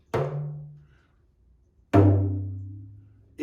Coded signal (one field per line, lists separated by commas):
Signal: talking drum